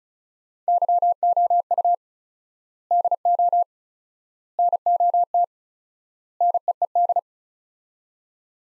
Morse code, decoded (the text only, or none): YOU DO NOT NEED